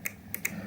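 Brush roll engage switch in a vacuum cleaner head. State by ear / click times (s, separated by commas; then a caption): seated / 0.1 s, 0.3 s, 0.5 s. The plastic brush roll engage switch on a Shark vacuum cleaner head, worked by hand after a jammed spring was freed, snaps into position with sharp, bright clicks at 0.1, 0.3 and 0.5 seconds, followed by a fainter tick near 0.7 seconds. The switch now seats firmly with a clear click, where before it was floppy and silent.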